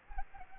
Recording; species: mosquito wingbeat signal from an infrared sensor; Aedes aegypti